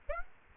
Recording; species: mosquito wingbeat signal from an infrared sensor; Aedes aegypti